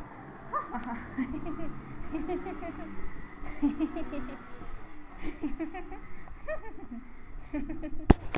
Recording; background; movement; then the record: laughter; traffic; walking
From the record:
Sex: female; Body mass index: 22.6 kg/m2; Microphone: on the chest, facing the body